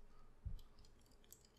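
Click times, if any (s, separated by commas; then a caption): none. The plastic roof pieces of a Transformers Masterpiece MP-44 Convoy 3.0 (Optimus Prime) robot toy are brought down so their tabs engage the chest/back section. A soft low thump around 0.5 s is followed by faint, sharp plastic ticks at about 0.6, 0.9, 1.2 and 1.3 s. The clip ends just before the part goes home, and nothing has seated or clicked into place yet.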